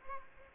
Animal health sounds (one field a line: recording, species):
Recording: mosquito wingbeat signal from an infrared sensor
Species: Aedes aegypti